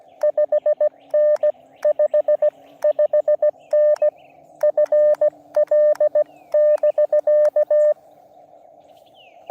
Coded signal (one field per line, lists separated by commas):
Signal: Morse code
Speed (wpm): 17 wpm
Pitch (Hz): 590 Hz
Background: radio noise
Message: 5N 55N FL<BK>